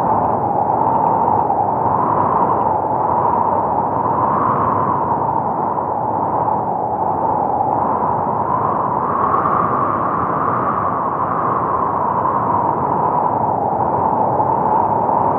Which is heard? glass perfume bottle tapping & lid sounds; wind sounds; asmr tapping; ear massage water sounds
wind sounds